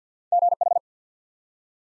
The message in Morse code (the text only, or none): GH